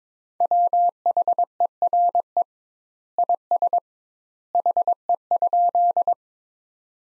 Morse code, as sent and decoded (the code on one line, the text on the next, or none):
.-- .... . .-. . / .. ... / .... . ..--..
WHERE IS HE?